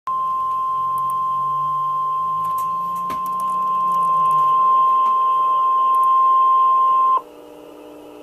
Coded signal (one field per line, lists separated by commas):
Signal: Emergency Alert System (SAME) tones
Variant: 1050 Hz attention tone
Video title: Tornado Watch 160 | EAS - NOAA Weather Radio (4/13/2012)